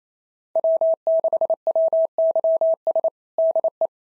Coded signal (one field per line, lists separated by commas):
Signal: Morse code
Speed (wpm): 25 wpm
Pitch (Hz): 650 Hz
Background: none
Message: W6WYS DE